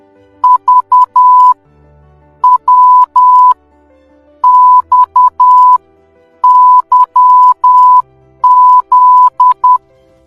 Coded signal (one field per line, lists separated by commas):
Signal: Morse code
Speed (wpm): 10 wpm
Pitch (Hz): 1000 Hz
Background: music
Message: V W XYZ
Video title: Morse code | മോഴ്സ് കോഡ് #shorts